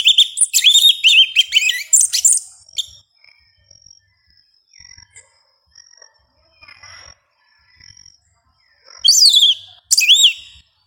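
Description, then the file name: Yellow-legged thrush song with quick warbled and trilled phrases, a stretch of faint thin whistles, then two loud high phrases. "Canto do sabia una"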